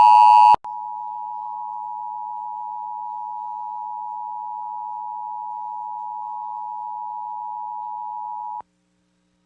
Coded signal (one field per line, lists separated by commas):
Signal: Emergency Alert System (SAME) tones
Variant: 853 and 960 Hz attention tone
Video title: [EAS #40-42] 11-2-2018 Alerts (NJTV)